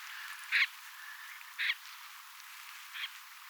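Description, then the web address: Snipe call, a short harsh rasping note given three times, about once a second, the last softest. Many snipes present, recorded 5 October 2024; flock thought to include some pin-tailed snipes. "paivat 5 10 2024 kurppia paljon siella on joukossa tietaakseni joitakin suippopyrstokurppalintuja kooste"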